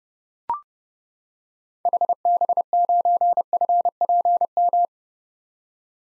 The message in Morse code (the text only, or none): HB9FPM